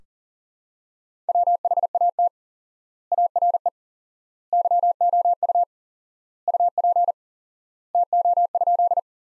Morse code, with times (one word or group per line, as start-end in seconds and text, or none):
1.3-2.3 WHAT
3.1-3.7 ARE
4.5-5.6 YOU
6.5-7.1 UP
7.9-9.0 TO?